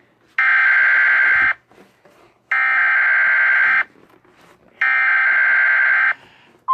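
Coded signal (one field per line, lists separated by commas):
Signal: Emergency Alert System (SAME) tones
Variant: header bursts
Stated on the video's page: Mock EAS alerts.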